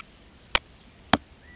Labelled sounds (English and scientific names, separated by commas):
California Quail (Callipepla californica)